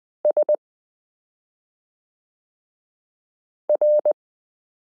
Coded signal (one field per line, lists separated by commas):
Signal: Morse code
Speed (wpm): 20 wpm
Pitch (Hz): 600 Hz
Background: none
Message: SR